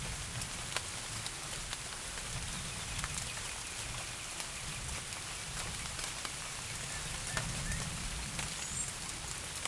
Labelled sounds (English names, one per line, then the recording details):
none
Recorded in forest near Pivijay, Magdalena, Colombia, on 6 June 2023 at 17:00
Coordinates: 10.467, -74.380
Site Z5-G034